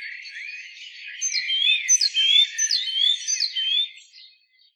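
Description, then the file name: Great tit calls: soft twittering builds into a lively run of quick downward-slurred notes and bright rising whistles, then dies away near the end. "Parus major"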